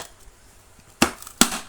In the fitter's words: terkunci ya.